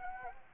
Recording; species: mosquito wingbeat signal from an infrared sensor; Anopheles gambiae